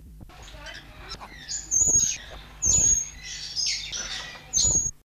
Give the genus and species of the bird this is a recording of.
Vini australis